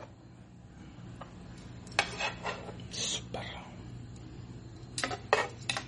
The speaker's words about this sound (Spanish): Disculpen los platos, pero la neta. No, es plato de raza, ¿o qué?